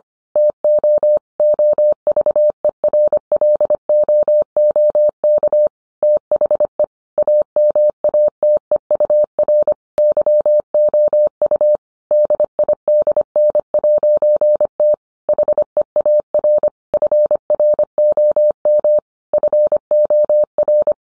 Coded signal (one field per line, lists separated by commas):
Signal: Morse code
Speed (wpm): 25 wpm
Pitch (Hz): 600 Hz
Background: none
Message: TO OVERLOOK THE AMATEUR YOU DIDN'T HEAR FROM FOR